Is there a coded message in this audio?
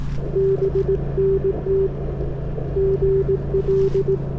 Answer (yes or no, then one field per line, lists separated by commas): yes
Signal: Morse code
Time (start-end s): 0.4-4.2 s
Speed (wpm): 18 wpm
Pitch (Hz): 390 Hz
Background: none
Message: BNT GL